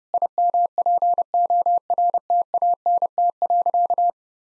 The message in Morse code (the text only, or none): IMPORTANT.